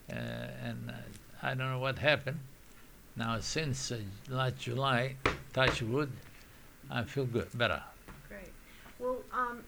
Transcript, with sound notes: And I don't know what happened. Now, since last July, knocks wood (sound of knocking) I feel good, better.
Great. Well, um,